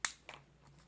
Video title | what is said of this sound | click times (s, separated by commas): Nintendo switch unboxing | slide right in and you'll hear a click really | 0.1 s